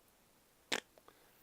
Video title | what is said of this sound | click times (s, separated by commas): Ultimate He-Man unboxing from Super7 classics Filmation style. | way they need me just slide it in place pops | 0.7 s